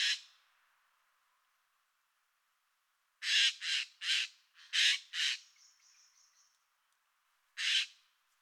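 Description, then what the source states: Eurasian jay uttering rasping, noisy screeches, a burst at the start then a rapid series of six harsh calls, a faint thin whistle, and one final screech. Recorded 30 September 2022.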